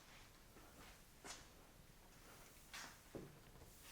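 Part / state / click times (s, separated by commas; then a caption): soft-close latch on the car's front trunk lid / seated / 2.7 s. After adjustment, the aftermarket Hansshow soft-close latch on a Tesla Model Y's front trunk (frunk) catches the lid as it is closed. The latch pulls the lid fully shut with one quiet thud at 2.7 s, and it is seated.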